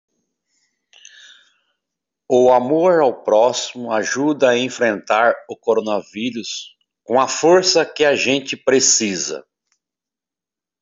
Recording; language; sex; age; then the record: spoken sentence; Brazilian Portuguese; male; 50 to 59 years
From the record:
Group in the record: control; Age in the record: 52 years